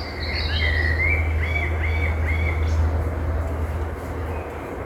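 Bird song, a run of repeated arched whistled notes above a constant low engine-like hum.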